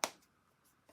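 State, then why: Seated. A plastic lid is pressed onto a small plastic pot of chalky acrylic paint and snaps shut with one sharp click at 0.0 s, followed by quiet and a few faint soft sounds near the end. The click shows the lid is seated properly, which keeps the paint from drying out.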